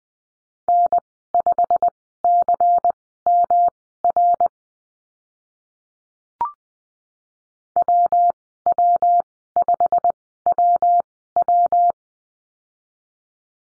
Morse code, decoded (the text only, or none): N5CMR WW5WW